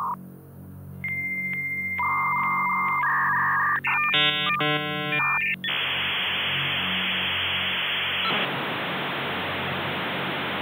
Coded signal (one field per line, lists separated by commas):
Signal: dial-up modem handshake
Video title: 56k Modem Composition